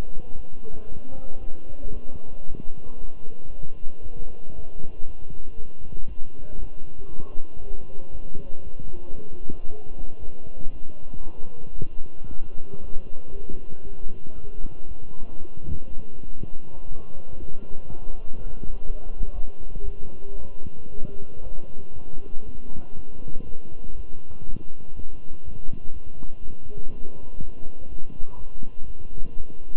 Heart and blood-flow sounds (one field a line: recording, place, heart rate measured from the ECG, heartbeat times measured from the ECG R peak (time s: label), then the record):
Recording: heart sounds by stethoscope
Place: between the tricuspid and mitral areas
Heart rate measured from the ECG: 118 bpm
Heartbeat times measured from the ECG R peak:
0.36 s: heartbeat
0.88 s: heartbeat
1.40 s: heartbeat
1.93 s: heartbeat
2.46 s: heartbeat
2.99 s: heartbeat
3.50 s: heartbeat
4.02 s: heartbeat
4.54 s: heartbeat
5.06 s: heartbeat
5.56 s: heartbeat
6.07 s: heartbeat
6.58 s: heartbeat
7.09 s: heartbeat
7.60 s: heartbeat
8.11 s: heartbeat
8.63 s: heartbeat
9.15 s: heartbeat
9.66 s: heartbeat
10.19 s: heartbeat
10.71 s: heartbeat
11.23 s: heartbeat
11.74 s: heartbeat
12.27 s: heartbeat
12.80 s: heartbeat
13.31 s: heartbeat
13.83 s: heartbeat
14.34 s: heartbeat
14.87 s: heartbeat
15.38 s: heartbeat
15.89 s: heartbeat
16.38 s: heartbeat
16.89 s: heartbeat
17.39 s: heartbeat
17.88 s: heartbeat
18.37 s: heartbeat
18.85 s: heartbeat
19.34 s: heartbeat
19.84 s: heartbeat
20.37 s: heartbeat
20.90 s: heartbeat
21.42 s: heartbeat
21.94 s: heartbeat
22.45 s: heartbeat
22.95 s: heartbeat
23.45 s: heartbeat
23.95 s: heartbeat
24.45 s: heartbeat
24.95 s: heartbeat
25.43 s: heartbeat
25.92 s: heartbeat
26.41 s: heartbeat
26.89 s: heartbeat
27.39 s: heartbeat
27.88 s: heartbeat
28.37 s: heartbeat
28.86 s: heartbeat
29.36 s: heartbeat
From the record:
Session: walking at 3.7 km/h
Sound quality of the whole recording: good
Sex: male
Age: 23 years